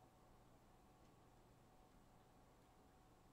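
A printed plastic part is being fitted into the extruder assembly during a Prusa i3 MK3 3D printer build. Only a steady, low background hiss and faint low rumble are heard, with no distinct impacts. Nothing has seated or clicked yet.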